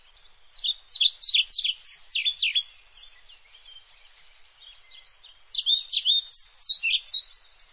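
Bird calls: quick high chirps and downslurred tweets in two bursts, a rapid run at the start and another near the end, separated by a quieter gap.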